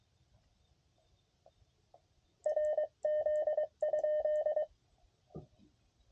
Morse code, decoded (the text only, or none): RZ?